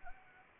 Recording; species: mosquito wingbeat signal from an infrared sensor; Anopheles arabiensis